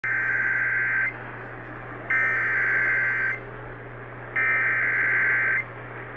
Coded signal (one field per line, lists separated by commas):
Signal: Emergency Alert System (SAME) tones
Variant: header bursts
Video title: Eas OHX svr on WLAC-AM Eas#2100